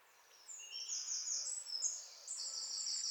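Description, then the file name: Eurasian wren song, a long, very high, fast trilling and twittering phrase that runs almost unbroken, rising in strength after the first half second, over soft background hiss. "Troglodytes troglodytes"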